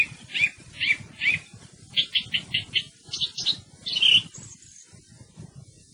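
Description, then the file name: Thrush song phrases: a few separate chirpy notes, then a quick run of repeated notes and a louder burst near the end, over faint low background noise. "TORDO"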